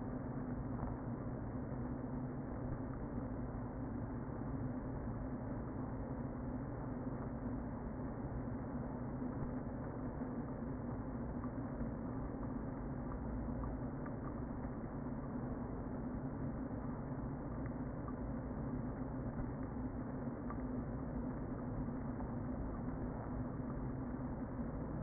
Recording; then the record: honeybee colony, microphone inside the hive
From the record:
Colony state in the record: queen present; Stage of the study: before two queens were removed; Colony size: about 60,000 bees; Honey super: yes